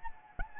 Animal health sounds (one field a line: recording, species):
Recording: mosquito wingbeat signal from an infrared sensor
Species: Anopheles gambiae